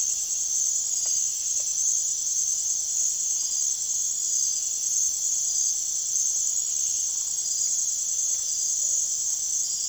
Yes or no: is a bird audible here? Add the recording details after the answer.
no. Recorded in secondary vegetation near Puerto Asís, Putumayo, Colombia, on 24 June 2025 at 23:30. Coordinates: 0.489, -76.322. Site G021